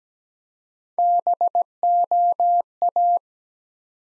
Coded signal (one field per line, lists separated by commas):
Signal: Morse code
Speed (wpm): 17 wpm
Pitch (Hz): 700 Hz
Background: none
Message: BOA